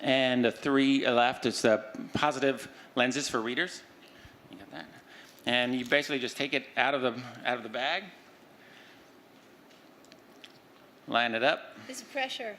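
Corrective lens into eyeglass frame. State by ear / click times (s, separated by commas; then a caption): seated / 10.4 s. A plastic reading lens, a positive lens for readers, is taken out of its bag, lined up with an eyeglass frame and pressed in by hand while someone talks. Faint handling noises follow in a quieter stretch, then a short sharp click at 10.4 s as the corrective lens snaps into the frame and seats.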